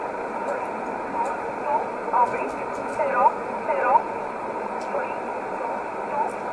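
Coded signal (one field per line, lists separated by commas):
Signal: numbers station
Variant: E11 Oblique, English voice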